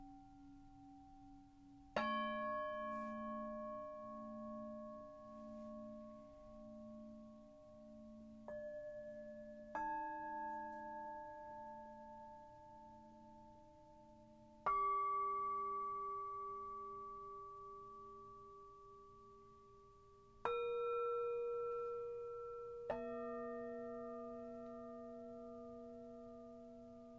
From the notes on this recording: Short bowl dinging and Rainstick